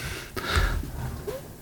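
A single low, rumbling snort-like breath rises and fades over about a second, heard faintly in a small room. It is a dog snoring in the background, a soft throaty vibration on the breath.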